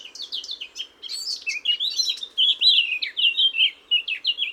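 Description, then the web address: Eurasian blackcap singing a continuous chattering warble of rapid, varied notes. "SETE Sylvia atricapilla"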